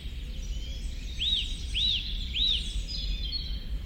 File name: Sitta europaea